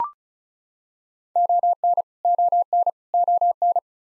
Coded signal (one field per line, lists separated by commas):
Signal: Morse code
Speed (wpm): 36 wpm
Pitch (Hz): 700 Hz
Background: none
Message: ON ON ON